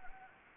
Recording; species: mosquito wingbeat signal from an infrared sensor; Anopheles gambiae